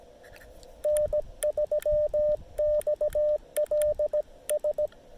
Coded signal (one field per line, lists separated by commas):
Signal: Morse code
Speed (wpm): 17 wpm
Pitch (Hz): 600 Hz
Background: radio noise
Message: N3XLS